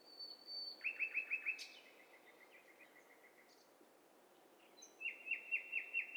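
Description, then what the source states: Birdsong mix: a high steady whistle, then a fast trill of repeated chirps, a run of quieter thin notes, and another rapid chirping trill from overlapping birds at the end. Overlapping mix of several birds.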